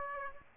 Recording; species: mosquito wingbeat signal from an infrared sensor; Aedes aegypti